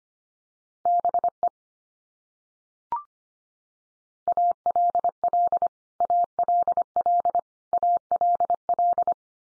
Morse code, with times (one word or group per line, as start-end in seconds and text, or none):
0.9-1.5 BE
4.3-5.7 ALL
6.0-7.4 ALL
7.7-9.1 ALL